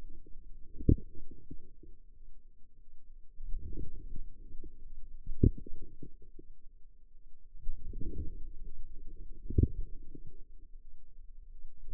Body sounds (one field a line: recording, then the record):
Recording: forearm muscle sounds (acoustic myography)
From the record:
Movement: outward rotation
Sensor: system 2, bracelet of six BSWA MPA416 microphones around the upper forearm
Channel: 1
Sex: female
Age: 23 years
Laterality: right